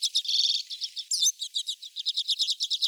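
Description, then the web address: Common redpoll calls: a quick buzzy trill of high notes, then a run of sharp, dry chirps repeated several times a second, with no other sounds. "Carduelis flammea"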